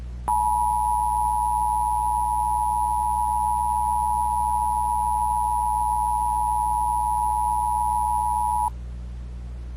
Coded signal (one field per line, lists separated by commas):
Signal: Emergency Alert System (SAME) tones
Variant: 853 and 960 Hz attention tone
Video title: Moonlighted Cable - Emergency Alert System Test - November 9, 2011